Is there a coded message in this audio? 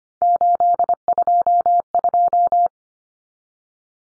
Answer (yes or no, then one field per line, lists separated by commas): yes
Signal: Morse code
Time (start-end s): 0.2-2.7 s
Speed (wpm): 25 wpm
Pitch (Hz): 700 Hz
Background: none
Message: 822